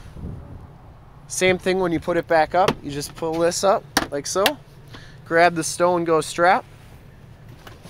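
Someone talks while the second-row Stow 'n Go seat of a Jazz Blue 2018 Chrysler Pacifica Touring Plus minivan is pulled back up by its strap toward its upright floor anchors, with faint handling noise between the words and a small tap near the end. The seat has not latched or clicked into place yet.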